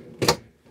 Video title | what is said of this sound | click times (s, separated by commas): Touring a $350,000 Overlanding Truck Camper! | and locks in place | 0.3 s